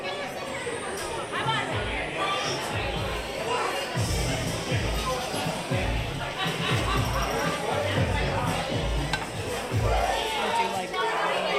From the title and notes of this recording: Oga's Cantina (Disneyland) Binaural Ambience. Oga's Cantina, in Star Wars Galaxy's Edge.